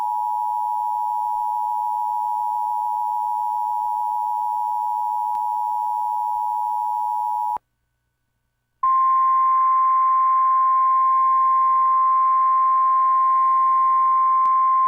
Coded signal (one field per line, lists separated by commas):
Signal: Emergency Alert System (SAME) tones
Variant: 853 and 960 Hz attention tone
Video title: EAS - Storms in H Town